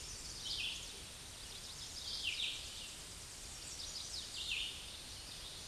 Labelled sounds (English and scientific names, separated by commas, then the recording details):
Red-eyed Vireo (Vireo olivaceus) song
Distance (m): 25 m
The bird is about 5 m above the microphone
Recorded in a Pennsylvania forest on 16 May 2024 at 08:14
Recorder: AudioMoth, point MSD-2391
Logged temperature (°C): 15.0 °C
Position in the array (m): 123 m, 64 m